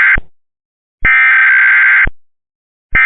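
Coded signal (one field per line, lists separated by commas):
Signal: Emergency Alert System (SAME) tones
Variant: header bursts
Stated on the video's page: Mock EAS alert, not a real broadcast.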